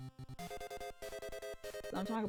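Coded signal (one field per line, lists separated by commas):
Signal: none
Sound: game sound effects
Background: speech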